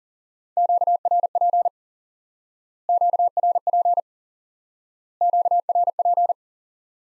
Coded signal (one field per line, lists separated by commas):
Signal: Morse code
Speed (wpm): 37 wpm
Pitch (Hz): 700 Hz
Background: none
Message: QRP QRP QRP